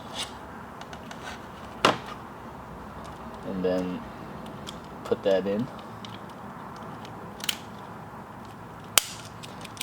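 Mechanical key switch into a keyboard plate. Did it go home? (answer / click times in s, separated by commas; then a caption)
yes / 9.0 s. A new mechanical key switch is pushed into a keyboard plate while someone talks, with a few light taps and handling noises along the way. A sharp snap at 9.0 s marks the switch seating in the plate, where it sits solid without wiggling.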